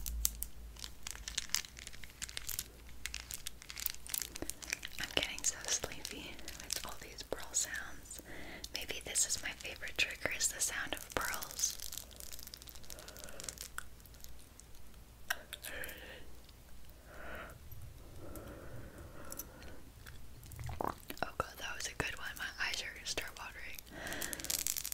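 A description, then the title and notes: Pearls click, clatter and roll against one another in a steady, dense stream of small, bright ticks. The handling keeps a fairly even pace throughout, with a few soft, low thumps around the middle and near the end. ASMR The Relaxing Sounds Of Pearls.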